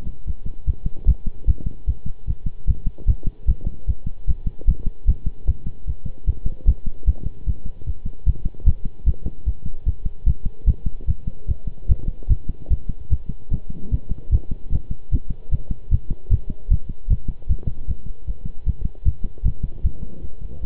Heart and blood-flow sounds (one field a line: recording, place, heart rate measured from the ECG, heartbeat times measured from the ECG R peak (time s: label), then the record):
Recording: heart sounds by stethoscope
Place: between the tricuspid and mitral areas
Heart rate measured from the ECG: 150 bpm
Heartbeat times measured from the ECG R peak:
0.27 s: heartbeat
0.67 s: heartbeat
1.07 s: heartbeat
1.47 s: heartbeat
1.87 s: heartbeat
2.27 s: heartbeat
2.67 s: heartbeat
3.07 s: heartbeat
3.48 s: heartbeat
3.87 s: heartbeat
4.27 s: heartbeat
4.67 s: heartbeat
5.07 s: heartbeat
5.47 s: heartbeat
5.87 s: heartbeat
6.27 s: heartbeat
6.67 s: heartbeat
7.07 s: heartbeat
7.46 s: heartbeat
7.86 s: heartbeat
8.26 s: heartbeat
8.66 s: heartbeat
9.06 s: heartbeat
9.46 s: heartbeat
9.86 s: heartbeat
10.26 s: heartbeat
10.67 s: heartbeat
11.08 s: heartbeat
11.48 s: heartbeat
11.89 s: heartbeat
12.30 s: heartbeat
12.70 s: heartbeat
13.10 s: heartbeat
13.51 s: heartbeat
13.91 s: heartbeat
14.32 s: heartbeat
14.72 s: heartbeat
15.12 s: heartbeat
15.52 s: heartbeat
15.91 s: heartbeat
16.31 s: heartbeat
16.70 s: heartbeat
17.10 s: heartbeat
17.49 s: heartbeat
17.88 s: heartbeat
18.27 s: heartbeat
18.66 s: heartbeat
19.05 s: heartbeat
19.44 s: heartbeat
19.84 s: heartbeat
20.22 s: heartbeat
From the record:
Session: pedaling a stationary bicycle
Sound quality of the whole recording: good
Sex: male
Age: 23 years